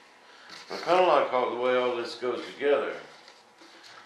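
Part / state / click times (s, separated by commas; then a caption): foam airframe part into RC jet fuselage / seated / 3.3 s. A foam part of an RC F-35 kit is pressed into its mating slot in the jet's fuselage while someone talks. It locks into place with a single short knock at 3.3 s, and the part is seated.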